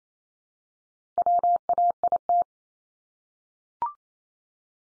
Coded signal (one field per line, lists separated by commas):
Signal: Morse code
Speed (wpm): 28 wpm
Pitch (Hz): 700 Hz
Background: none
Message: WAIT